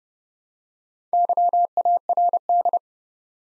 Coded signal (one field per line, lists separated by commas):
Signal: Morse code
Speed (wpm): 30 wpm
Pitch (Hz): 700 Hz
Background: none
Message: YARD